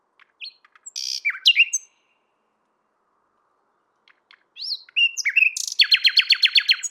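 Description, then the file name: Common nightingale song: sweeping whistled notes, a pause, then a rising phrase that ends in a fast, even run of sharp repeated notes. "Luscinia megarhynchos"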